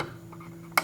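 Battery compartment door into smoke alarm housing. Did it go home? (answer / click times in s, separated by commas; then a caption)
yes / 0.8 s. A plastic battery compartment door on a smoke alarm, with the battery now inserted the right way round, is pushed closed against the housing. A steady low hum and faint soft knocks around 0.3 and 0.4 seconds lead to a sharp, bright click at 0.8 seconds as the door latches. The door is seated, shut with a smaller gap than before.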